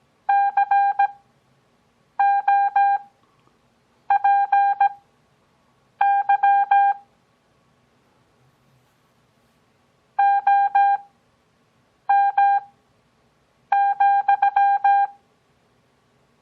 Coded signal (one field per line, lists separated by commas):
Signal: Morse code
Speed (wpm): 17 wpm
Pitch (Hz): 800 Hz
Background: none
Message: COPY OM,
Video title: Copy Morse Code 5th Grade